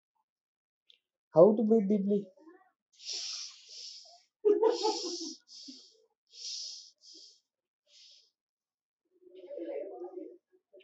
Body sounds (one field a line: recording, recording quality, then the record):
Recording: deep breathing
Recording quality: moderate, slight background noise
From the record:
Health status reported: recovered from COVID-19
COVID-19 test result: negative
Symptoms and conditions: none ticked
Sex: male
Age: 28 years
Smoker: not ticked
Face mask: worn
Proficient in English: yes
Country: India